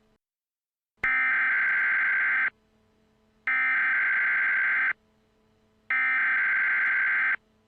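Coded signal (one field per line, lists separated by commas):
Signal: Emergency Alert System (SAME) tones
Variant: header bursts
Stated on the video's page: Fictional EAS scenario, a first attempt at making one.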